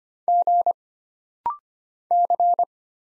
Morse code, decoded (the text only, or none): G C